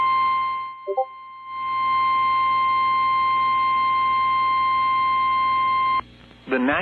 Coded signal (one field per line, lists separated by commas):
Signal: Emergency Alert System (SAME) tones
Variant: 1050 Hz attention tone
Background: speech